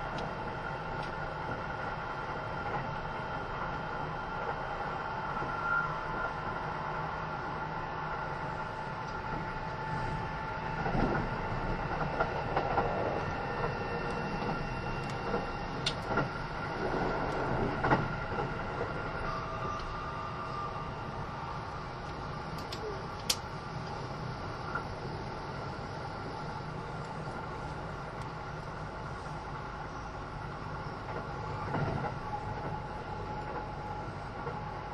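A Kintetsu 80000 series Hinotori train runs steadily, its constant hum and rumble broken by occasional clacks and brief sharp ticks.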